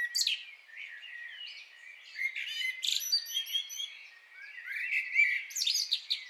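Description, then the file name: Common blackbird song, a run of warbled phrases mixed with thin, high twittering notes, pausing briefly midway before another burst of squeaky twitters. "Turdus merula"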